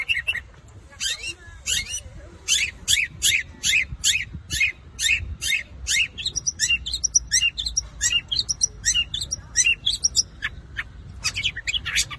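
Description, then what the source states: Long-tailed shrike song: fast series of sharp, high chirps and ticks in rapid, slightly irregular runs, with a few brief pauses between bursts. Song style called kombinasi (combination).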